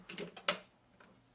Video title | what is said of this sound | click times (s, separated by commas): Kuvings Auto10 Juicer Review and Demo | you'll hear that click and the symbol will be matched up with the lock symbol on the bowl | 0.5 s